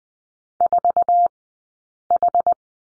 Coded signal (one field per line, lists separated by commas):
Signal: Morse code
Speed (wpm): 20 wpm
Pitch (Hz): 700 Hz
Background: none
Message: 4H